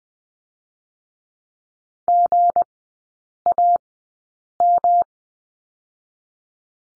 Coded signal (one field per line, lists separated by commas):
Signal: Morse code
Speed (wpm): 20 wpm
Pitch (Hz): 700 Hz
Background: none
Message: GAM